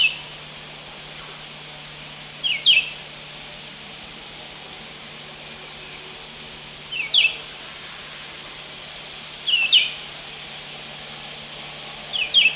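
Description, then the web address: Red-eyed vireo singing short, high slurred phrases about every two to five seconds, with a steady hiss behind. South America, Eastern Lowlands. "Natures Songs S America Eastern Lowlands. Red-eyed Vireo"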